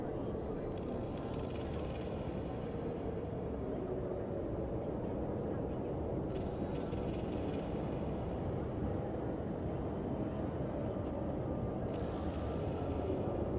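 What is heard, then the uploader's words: A futuristic city ambience: a dense, steady low rumble like traffic or machinery fills the whole clip without letting up. Faint murmurs resembling speech drift through, and brief brighter clicks or hisses cut in around six to seven seconds and again near twelve. Futuristic city ambience.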